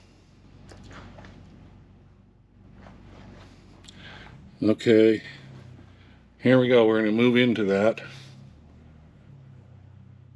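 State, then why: Not seated. Someone talks while the metal carriage on a mag drill chuck adapter slide is moved toward its lock position, with faint handling taps around 1.3 s and 3.8 s beneath low background noise. The carriage has not yet snapped or clicked into its lock.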